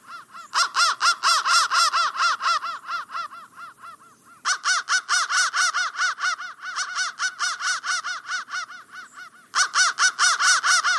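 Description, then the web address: Crow giving three bursts of quick, grating caws separated by short gaps. "soundfactory crow"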